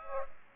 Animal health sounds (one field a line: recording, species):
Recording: mosquito wingbeat signal from an infrared sensor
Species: Aedes aegypti